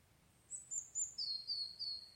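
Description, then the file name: European robin song: a short, very high thin phrase of piercing notes followed by a few descending whistled slurs. "Erithacus rubecula"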